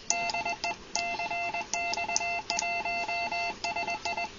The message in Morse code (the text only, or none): DE CX1SI